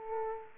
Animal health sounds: mosquito wingbeat signal from an infrared sensor; Aedes aegypti

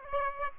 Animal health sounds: mosquito wingbeat signal from an infrared sensor; Aedes aegypti

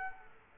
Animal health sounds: mosquito wingbeat signal from an infrared sensor; Culex quinquefasciatus

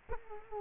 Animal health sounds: mosquito wingbeat signal from an infrared sensor; Culex quinquefasciatus

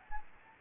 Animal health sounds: mosquito wingbeat signal from an infrared sensor; Anopheles gambiae

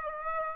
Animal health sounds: mosquito wingbeat signal from an infrared sensor; Aedes aegypti

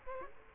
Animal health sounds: mosquito wingbeat signal from an infrared sensor; Culex quinquefasciatus

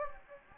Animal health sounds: mosquito wingbeat signal from an infrared sensor; Anopheles gambiae

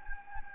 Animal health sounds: mosquito wingbeat signal from an infrared sensor; Anopheles gambiae

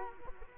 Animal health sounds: mosquito wingbeat signal from an infrared sensor; Culex quinquefasciatus

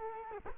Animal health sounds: mosquito wingbeat signal from an infrared sensor; Culex quinquefasciatus

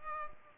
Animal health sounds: mosquito wingbeat signal from an infrared sensor; Culex pipiens

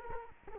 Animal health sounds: mosquito wingbeat signal from an infrared sensor; Culex quinquefasciatus

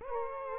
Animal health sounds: mosquito wingbeat signal from an infrared sensor; Aedes aegypti

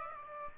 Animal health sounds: mosquito wingbeat signal from an infrared sensor; Aedes aegypti

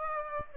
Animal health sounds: mosquito wingbeat signal from an infrared sensor; Aedes aegypti

